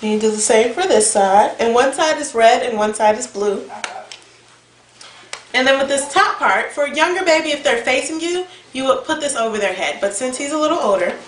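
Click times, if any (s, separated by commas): 5.3 s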